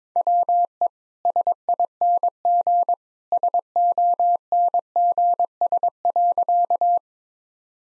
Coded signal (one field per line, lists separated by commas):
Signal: Morse code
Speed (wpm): 22 wpm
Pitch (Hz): 700 Hz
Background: none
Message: WE SING SONGS.